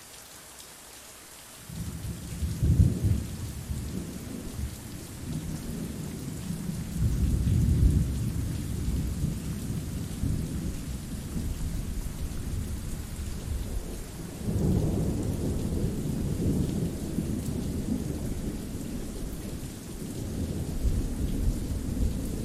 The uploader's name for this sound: Soothing Rain Sounds